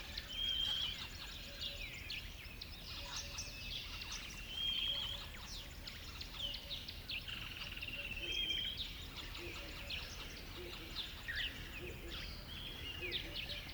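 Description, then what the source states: Chorus of chirping birds with a high, pure whistled note recurring every few seconds, over constant background noise. Birds on a river bed at dawn.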